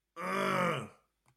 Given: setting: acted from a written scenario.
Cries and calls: vocal sound without words; pain

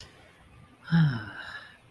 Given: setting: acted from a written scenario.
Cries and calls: vocal sound without words; romantic love

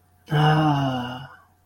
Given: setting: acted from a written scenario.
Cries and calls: vocal sound without words; ecstasy

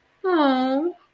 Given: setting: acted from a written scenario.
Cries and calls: vocal sound without words; adoration

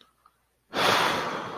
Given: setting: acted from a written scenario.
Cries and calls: vocal sound without words; disappointment

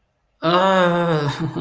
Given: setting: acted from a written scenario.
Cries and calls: vocal sound without words; negative surprise

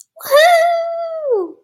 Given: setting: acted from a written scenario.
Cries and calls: vocal sound without words; elation

